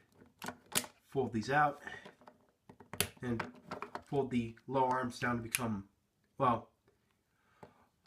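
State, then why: Seated. Someone talks while transforming a plastic Bandai Rock Lords toy figure, pushing its lower arms down into the figure's body. A single short, quiet click at 7.6 s marks the arms snapping and locking into position.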